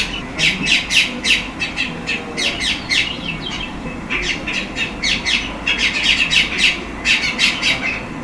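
Bird calls: bursts of sharp, high chirps repeated rapidly in clusters separated by short pauses.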